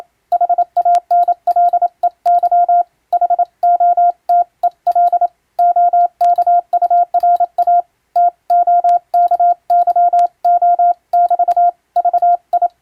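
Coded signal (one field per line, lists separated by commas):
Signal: Morse code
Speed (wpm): 27 wpm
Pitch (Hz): 700 Hz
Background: none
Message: HANLEY HOTEL OKURA TOKYO<BT> VI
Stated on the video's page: Japanese-language European-text radiotelegrams sent as ship radio operator exam practice, in the style of ship-to-coast-station telegram traffic, for amateur radio receiving training.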